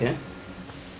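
A RAM module is being handled at a motherboard DIMM slot while someone talks briefly at the start, followed by a low, steady background hum. Nothing has seated or clicked yet.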